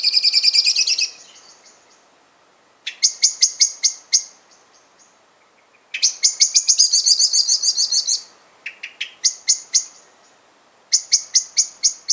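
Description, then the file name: Common blackbird, a rattling chatter followed by repeated groups of clicky chink notes, some bursts faster and denser than others. "Turdus merula"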